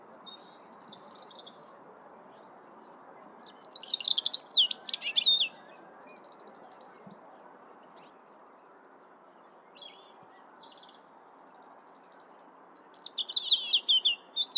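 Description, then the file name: European robin singing several separate phrases of quick, varied twitters and slurred whistles, with pauses of varying length between. "Erithacus rubecula"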